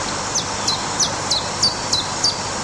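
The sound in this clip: Iberian chiffchaff song: a run of about seven thin, high notes, each sliding sharply downward, spaced roughly three per second over a steady background hiss.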